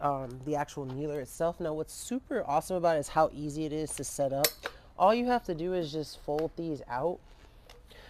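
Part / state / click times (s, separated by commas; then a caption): folding leg of a garden kneeler locking into its frame / seated / 7.7 s. Someone talks while folding out the legs of a garden kneeler seat. A short, sharp click at 7.7 s is the folding leg locking into place in its frame.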